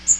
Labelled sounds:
Magnolia Warbler flight call

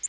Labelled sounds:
Orange-crowned Warbler flight call

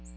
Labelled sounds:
Ovenbird flight call

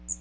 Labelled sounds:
Magnolia Warbler flight call

